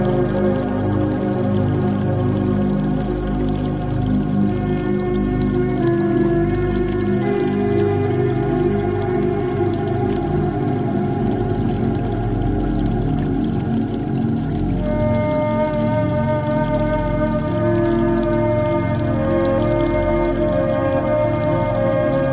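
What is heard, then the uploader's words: Binaural beat tones form a dense, steady drone of layered pitches, mostly low to mid, with a few shifting to new notes around six, fifteen and nineteen seconds. The level stays constant throughout, with a faint hiss beneath the tones. Relaxing Waterfall Sounds and Binaural Beats For Sleep.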